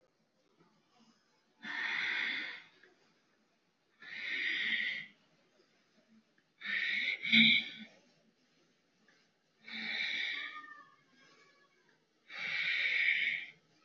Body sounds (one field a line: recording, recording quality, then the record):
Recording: shallow breathing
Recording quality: excellent, no background noise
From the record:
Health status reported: healthy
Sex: male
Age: 26 years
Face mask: not worn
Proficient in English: yes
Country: India